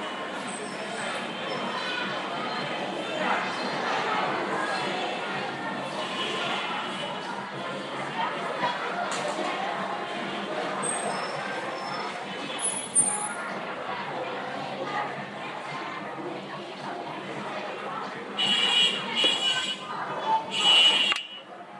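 Dense, steady murmuring of voices at Xiamen's Shishi Chan temple for the Medicine Buddha, with a bright ring near 13 seconds and louder bursts around 19–21.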